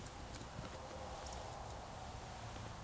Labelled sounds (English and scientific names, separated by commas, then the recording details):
Eurasian Woodcock (Scolopax rusticola) whistle
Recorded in Baden-Württemberg, Germany, on 3 June 2021 at 20:02 UTC
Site 45499, 200 m above sea level